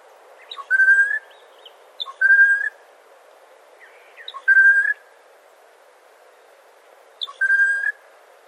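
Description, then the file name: Bird giving short clear whistled notes, each steady and slightly rising at the end, in four bursts spaced irregularly over several seconds against a soft background hiss. Unidentified bird, recorded 21 April 2011. "2011 04 21 Mystery Bird"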